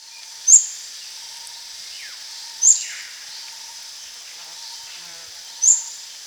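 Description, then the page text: Olive-backed sunbird giving three bright, high, clipped chip notes at uneven intervals, above a constant droning background hum. "Olive-Backed Sunbird Call. Quick Sounds"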